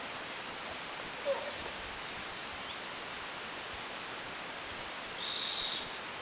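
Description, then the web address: Bird calls: short, sharp, very high notes repeated at uneven intervals of about half a second to over a second, against steady background hiss. Ecuador, South America. "Natures Songs S America Birds of Ecuador"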